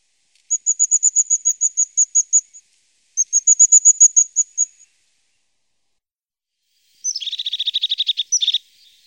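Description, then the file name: European crested tit calls: two runs of thin, very high, rapidly repeated notes, then a short buzzy purring trill lower in pitch, on a silent background. "herrerillo capuchino"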